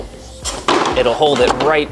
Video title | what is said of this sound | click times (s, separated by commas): What a 14,000sq ft Ferrari Ceiling Looks Like | It snaps into place so we can glue our supports on the inside to staple it all up. | 0.7 s